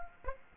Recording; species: mosquito wingbeat signal from an infrared sensor; Aedes aegypti